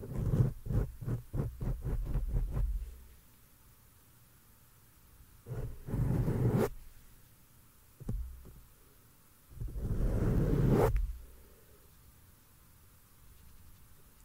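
Rapid rhythmic tapping and brushing on a microphone for three seconds, then quiet gaps broken by bursts of hand rubbing around six, eight and ten seconds.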